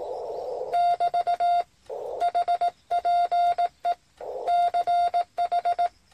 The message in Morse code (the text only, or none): <BT> HPE CH